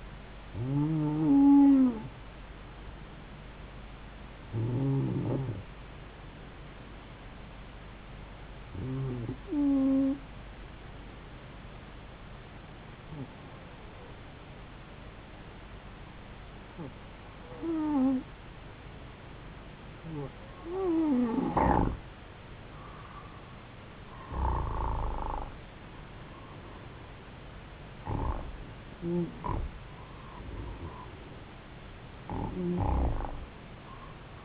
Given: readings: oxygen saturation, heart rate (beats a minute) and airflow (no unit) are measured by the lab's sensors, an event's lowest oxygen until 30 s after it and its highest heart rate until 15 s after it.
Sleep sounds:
breathing in sleep by a voice recorder at the bedside; 1
4.00-19.00 s: hypopnea (N2, oxygen 94% highest, then 91% lowest, heart rate 74 at the start, 77 highest)
From the record:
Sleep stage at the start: N2 (light sleep); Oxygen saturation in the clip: 91 to 94%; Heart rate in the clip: 71 to 78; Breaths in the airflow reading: 9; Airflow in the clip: -4.3 to 4.9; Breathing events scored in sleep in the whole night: 270 in 6.1 hours asleep

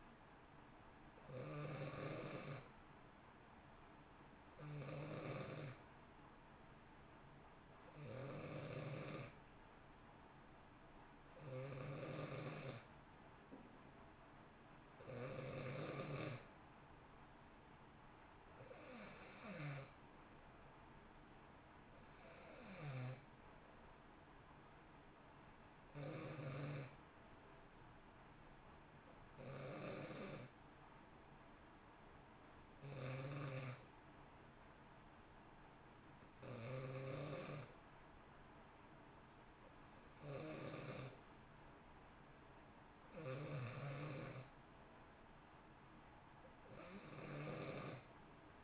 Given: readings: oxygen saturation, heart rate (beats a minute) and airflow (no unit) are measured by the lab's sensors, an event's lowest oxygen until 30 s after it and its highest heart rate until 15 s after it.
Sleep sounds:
breathing in sleep by a voice recorder at the bedside; none
none scored
From the record:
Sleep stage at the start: N2 (light sleep); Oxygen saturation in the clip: 90 to 92%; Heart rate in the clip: 57 to 64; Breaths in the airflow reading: 14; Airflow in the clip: -0.9 to 1.8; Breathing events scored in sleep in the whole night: 328 in 6.3 hours asleep

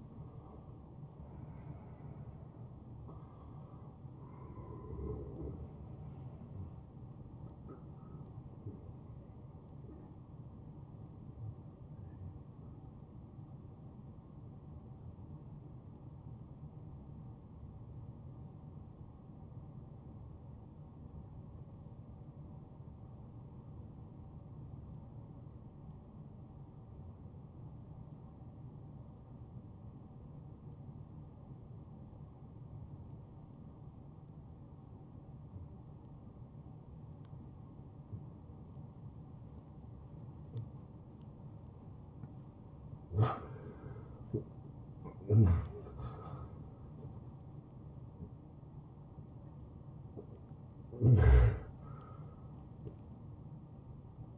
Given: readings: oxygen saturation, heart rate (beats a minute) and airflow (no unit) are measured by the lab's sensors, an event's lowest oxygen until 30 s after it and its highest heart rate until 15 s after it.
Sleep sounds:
breathing in sleep by a smartphone at the bedside; 1
8.00-43.00 s: hypopnea (N1, oxygen 93% highest, then 83% lowest, heart rate 83 at the start, 88 highest)
From the record:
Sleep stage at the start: N1 (lightest sleep); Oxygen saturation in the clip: 76 to 93%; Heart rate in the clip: 71 to 90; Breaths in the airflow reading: 6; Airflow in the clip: -18.0 to 10.0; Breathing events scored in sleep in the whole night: 263 in 5.5 hours asleep

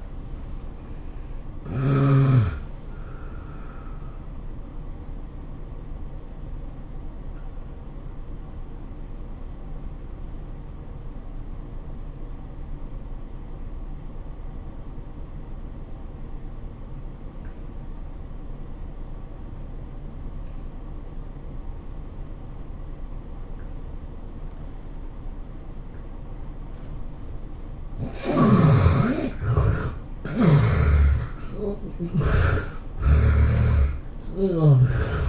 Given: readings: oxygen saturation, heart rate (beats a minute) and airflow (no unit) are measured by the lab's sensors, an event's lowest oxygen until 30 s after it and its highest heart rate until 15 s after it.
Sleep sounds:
breathing in sleep by a smartphone at the bedside; 1
13.00-28.50 s: obstructive apnea (N1, oxygen 95% highest, then 70% lowest, heart rate 94 at the start, 111 highest)
From the record:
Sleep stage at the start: N1 (lightest sleep); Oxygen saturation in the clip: 70 to 95%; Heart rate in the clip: 81 to 107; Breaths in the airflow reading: 5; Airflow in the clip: -19.8 to 16.8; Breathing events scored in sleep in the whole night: 403 in 5.5 hours asleep

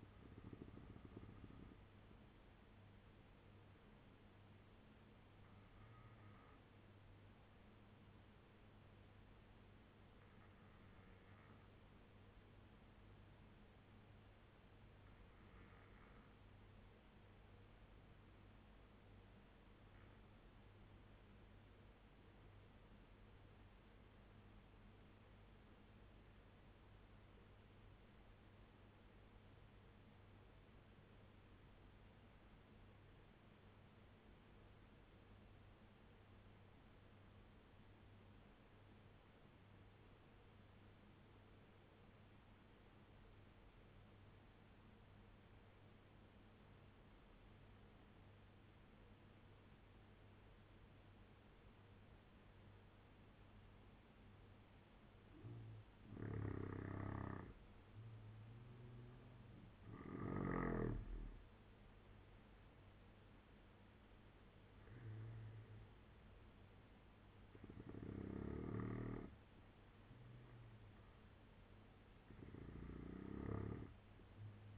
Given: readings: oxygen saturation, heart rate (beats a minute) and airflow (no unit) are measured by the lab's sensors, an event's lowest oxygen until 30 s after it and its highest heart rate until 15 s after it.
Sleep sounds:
breathing in sleep by a voice recorder at the bedside; 1
13.00-53.00 s: obstructive apnea (N2, oxygen 96% highest, then 83% lowest, heart rate 71 at the start, 83 highest)
From the record:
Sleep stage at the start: N2 (light sleep); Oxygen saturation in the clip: 83 to 96%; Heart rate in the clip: 64 to 83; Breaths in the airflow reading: 7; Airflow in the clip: -7.3 to 8.2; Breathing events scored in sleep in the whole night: 201 in 6.5 hours asleep

